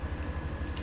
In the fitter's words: Sampai bunyi klik juga nah